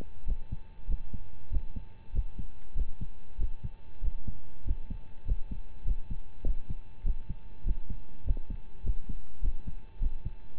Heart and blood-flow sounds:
heart sounds by stethoscope; between the tricuspid and mitral areas; 99 bpm
0.25 s: heartbeat
0.87 s: heartbeat
1.49 s: heartbeat
2.12 s: heartbeat
2.74 s: heartbeat
3.37 s: heartbeat
4.01 s: heartbeat
4.64 s: heartbeat
5.24 s: heartbeat
5.84 s: heartbeat
6.43 s: heartbeat
7.03 s: heartbeat
7.63 s: heartbeat
8.23 s: heartbeat
8.82 s: heartbeat
9.41 s: heartbeat
9.99 s: heartbeat
10.57 s: heartbeat
From the record:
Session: rest, lying down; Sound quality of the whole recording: partially saturated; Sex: male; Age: 25 years

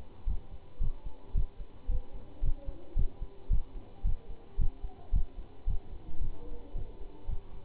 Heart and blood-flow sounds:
heart sounds by stethoscope; between the tricuspid and mitral areas; 111 bpm
0.28 s: heartbeat
0.82 s: heartbeat
1.36 s: heartbeat
1.90 s: heartbeat
2.44 s: heartbeat
2.97 s: heartbeat
3.51 s: heartbeat
4.06 s: heartbeat
4.59 s: heartbeat
5.14 s: heartbeat
5.68 s: heartbeat
6.22 s: heartbeat
6.76 s: heartbeat
7.29 s: heartbeat
From the record:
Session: Bruce protocol treadmill stress test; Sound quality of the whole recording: good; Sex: male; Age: 25 years

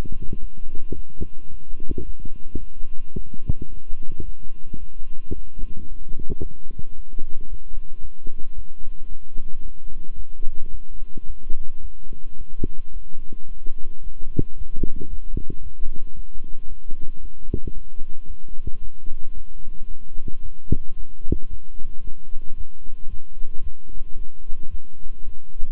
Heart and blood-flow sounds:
heart sounds by stethoscope; between the tricuspid and mitral areas; 111 bpm
0.40 s: heartbeat
0.94 s: heartbeat
1.50 s: heartbeat
2.04 s: heartbeat
2.59 s: heartbeat
3.14 s: heartbeat
3.69 s: heartbeat
4.24 s: heartbeat
4.78 s: heartbeat
5.34 s: heartbeat
5.88 s: heartbeat
6.41 s: heartbeat
6.95 s: heartbeat
7.48 s: heartbeat
8.00 s: heartbeat
8.54 s: heartbeat
9.08 s: heartbeat
9.61 s: heartbeat
10.15 s: heartbeat
10.70 s: heartbeat
11.26 s: heartbeat
11.80 s: heartbeat
12.37 s: heartbeat
12.92 s: heartbeat
13.47 s: heartbeat
14.02 s: heartbeat
14.56 s: heartbeat
15.09 s: heartbeat
15.61 s: heartbeat
16.15 s: heartbeat
16.68 s: heartbeat
17.20 s: heartbeat
17.73 s: heartbeat
18.26 s: heartbeat
18.80 s: heartbeat
19.33 s: heartbeat
19.87 s: heartbeat
20.41 s: heartbeat
20.95 s: heartbeat
21.49 s: heartbeat
22.03 s: heartbeat
22.56 s: heartbeat
23.08 s: heartbeat
23.61 s: heartbeat
24.16 s: heartbeat
24.69 s: heartbeat
25.24 s: heartbeat
From the record:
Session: walking at 3.7 km/h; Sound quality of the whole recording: good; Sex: male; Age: 26 years

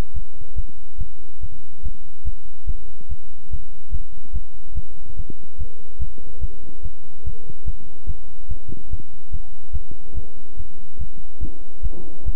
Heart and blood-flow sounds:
heart sounds by stethoscope; between the tricuspid and mitral areas; 144 bpm
0.14 s: heartbeat
0.56 s: heartbeat
0.98 s: heartbeat
1.41 s: heartbeat
1.83 s: heartbeat
2.25 s: heartbeat
2.67 s: heartbeat
3.09 s: heartbeat
3.51 s: heartbeat
3.92 s: heartbeat
4.33 s: heartbeat
4.75 s: heartbeat
5.17 s: heartbeat
5.59 s: heartbeat
6.00 s: heartbeat
6.41 s: heartbeat
6.83 s: heartbeat
7.25 s: heartbeat
7.66 s: heartbeat
8.07 s: heartbeat
8.49 s: heartbeat
8.91 s: heartbeat
9.32 s: heartbeat
9.73 s: heartbeat
10.15 s: heartbeat
10.57 s: heartbeat
10.99 s: heartbeat
11.41 s: heartbeat
11.83 s: heartbeat
12.26 s: heartbeat
From the record:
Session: bicycle stress test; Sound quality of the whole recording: good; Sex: male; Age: 23 years

